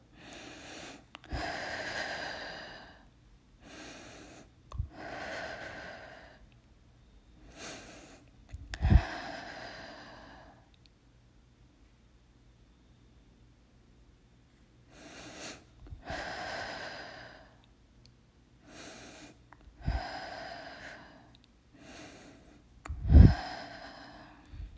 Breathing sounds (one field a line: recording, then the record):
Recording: deep breathing after running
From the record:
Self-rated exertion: light exertion (2 of 6)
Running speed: 6 miles an hour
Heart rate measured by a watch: 116 beats a minute at the start, 117 at the end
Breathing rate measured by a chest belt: 15 breaths a minute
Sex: female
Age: 28 years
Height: 155 cm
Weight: 44 kg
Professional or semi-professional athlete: no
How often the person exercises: 3 to 5 times a week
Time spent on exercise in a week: over 5 hours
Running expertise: yes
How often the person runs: 3 to 5 times a week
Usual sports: running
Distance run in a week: 45 km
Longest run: 32 km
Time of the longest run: 200 minutes